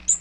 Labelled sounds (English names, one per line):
Magnolia Warbler flight call